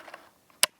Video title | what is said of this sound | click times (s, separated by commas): Hatsan Model 25 Supercharger Air Pistol in .177, FULL REVIEW | lock the barrel closed | 0.6 s